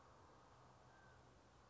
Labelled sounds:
Mountain Quail (Oreortyx pictus)
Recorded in Sonoma County, California

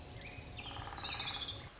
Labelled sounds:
Orange-crowned Warbler (Leiothlypis celata)
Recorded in Sonoma County, California

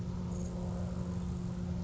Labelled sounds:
Grasshopper Sparrow (Ammodramus savannarum)
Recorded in Sonoma County, California

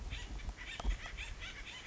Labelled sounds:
Acorn Woodpecker (Melanerpes formicivorus)
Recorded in Sonoma County, California

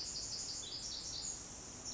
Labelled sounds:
Pacific Wren (Troglodytes pacificus)
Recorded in Sonoma County, California

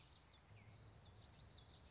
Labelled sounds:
Common Yellowthroat (Geothlypis trichas)
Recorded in Sonoma County, California

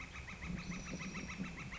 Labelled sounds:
Northern Flicker (Colaptes auratus)
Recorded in Sonoma County, California

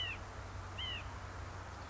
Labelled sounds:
White-breasted Nuthatch (Sitta carolinensis)
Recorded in Sonoma County, California

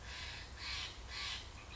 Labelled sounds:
Steller's Jay (Cyanocitta stelleri)
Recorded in Sonoma County, California

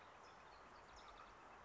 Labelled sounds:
California Towhee (Melozone crissalis)
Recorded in Sonoma County, California

